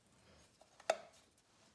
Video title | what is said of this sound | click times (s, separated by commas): Power Steering Flush and Replace on 1994 Mercedes C280 W202 Chasis | you hear that click that means it's seated properly | 0.9 s